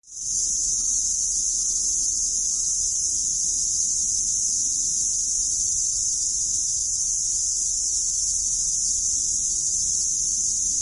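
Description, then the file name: Cicada song, a steady high-pitched electric buzz that swells in at the start and then holds unbroken and even for the whole stretch. "Cikady"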